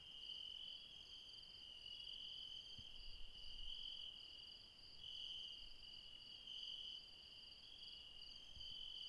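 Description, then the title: Insects trilling in a high chorus, the main tone swelling and fading in repeated pulses over a continuous ringing background. Mountain insects calling late at night near Refuge Krevatia, Barbala, Dion, Greece. "Refuge Krevatia, Μπαρμπαλά, Dion 601 00, Greece - Late night mountain insects"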